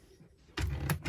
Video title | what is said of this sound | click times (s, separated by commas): 2013 Hymer 674 SL 'Star Edition' - SOLD - Walk-Around | it locks onto a vent system there's a small gap there just for airflow | 0.6 s, 0.9 s